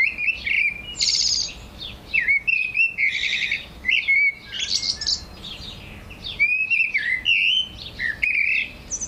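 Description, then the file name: Eurasian blackbird warbling in fluted phrases topped with scratchy high twitters, in several bursts. "Turdus merula"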